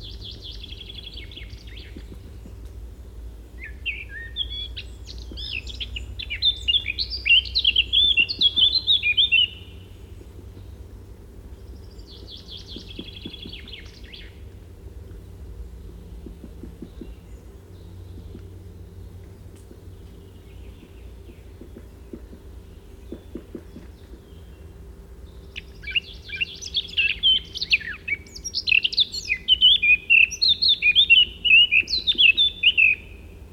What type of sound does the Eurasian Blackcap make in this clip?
song